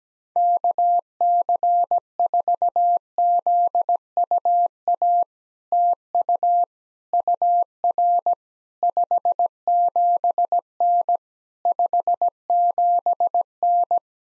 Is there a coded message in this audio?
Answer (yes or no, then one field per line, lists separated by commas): yes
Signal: Morse code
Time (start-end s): 0.4-14.0 s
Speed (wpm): 17 wpm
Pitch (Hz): 700 Hz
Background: none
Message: KC4ZUA TU UR 57N 57N